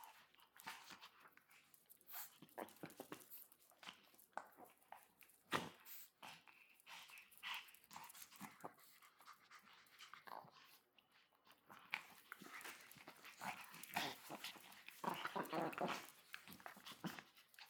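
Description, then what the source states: Chihuahua play sounds, scattered short yips, whines and huffs among scuffling and rustling, busier in the last few seconds. Dogs playing; recorded 20 May 2017.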